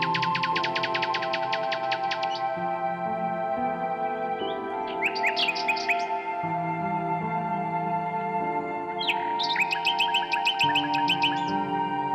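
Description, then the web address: Common nightingale song opening with a rapid rattle of clicks, then two bursts of repeated staccato notes, over a continuous low humming drone of layered tones. "Circlesandlines recordings. h wialenove - nightingale song"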